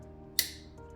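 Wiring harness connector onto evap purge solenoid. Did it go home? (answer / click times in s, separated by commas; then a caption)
yes / 0.4 s. A plastic wiring harness electrical connector is slid onto the vapor canister purge solenoid of a 2019-2024 Toyota RAV4 2.5L (A25A-FKS) engine. One sharp, bright click sounds at 0.4 s over a low steady background hum. The connector is confirmed seated.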